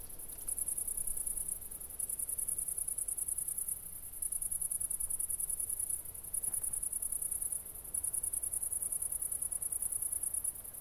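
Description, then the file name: Crickets chirping: high, rapid pulsed trills in bursts of about one to two seconds separated by short pauses, over a faint low background hum. Crickets recorded at night at Nordring, Kirchmöser, Brandenburg, Germany, 4 August 2014, 00:53. "City Country Me Brandenburg Kirchmoeser Nordring Grillen 201408040053 OLBIN"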